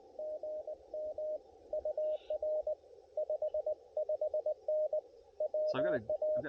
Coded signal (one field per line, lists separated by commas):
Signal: Morse code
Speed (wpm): 23 wpm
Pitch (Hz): 620 Hz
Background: speech, radio noise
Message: GM UR 55N WA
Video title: QRP CW POTA US-11197